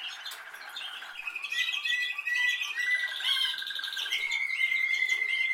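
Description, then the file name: Canary song with quick trills giving way to long steady whistled notes, the final note held long and flat. "Canary Voice"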